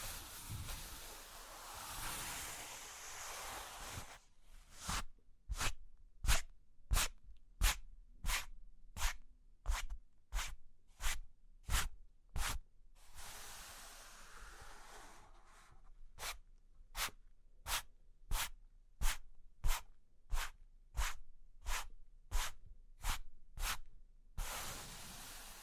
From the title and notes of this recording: ASMR Sleepy Cork and Wood Tapping, Scratching, Tracing (No Talking).